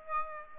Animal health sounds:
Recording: mosquito wingbeat signal from an infrared sensor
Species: Aedes aegypti

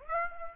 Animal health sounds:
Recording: mosquito wingbeat signal from an infrared sensor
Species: Aedes aegypti

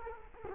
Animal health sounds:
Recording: mosquito wingbeat signal from an infrared sensor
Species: Culex quinquefasciatus

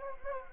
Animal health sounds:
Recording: mosquito wingbeat signal from an infrared sensor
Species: Anopheles gambiae

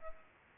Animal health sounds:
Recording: mosquito wingbeat signal from an infrared sensor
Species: Culex pipiens

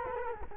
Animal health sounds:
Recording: mosquito wingbeat signal from an infrared sensor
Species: Culex quinquefasciatus

